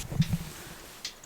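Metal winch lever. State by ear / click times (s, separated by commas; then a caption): not seated / none. The release lever of an electric winch on a boat trailer is worked to free the wire, giving low handling knocks around 0.2 s, a sharp hit at 1.1 s and a faint tick at 1.2 s. Nothing has seated or clicked into place yet.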